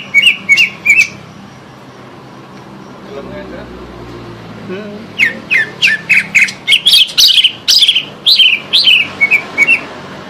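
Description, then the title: Greater green leafbird song: a few bright whistled notes, a pause, then a long string of varied, rapid warbling phrases with sharp chips mixed in. "Suara Burung Cucak Ijo"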